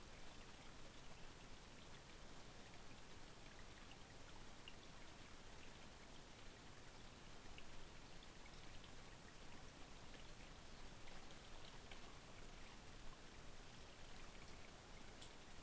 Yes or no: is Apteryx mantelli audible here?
no